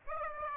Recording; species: mosquito wingbeat signal from an infrared sensor; Aedes aegypti